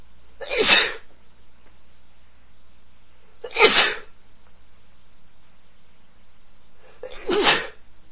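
Three sharp, hissing sneezes from an adult man, about three seconds apart, with a quiet background hum.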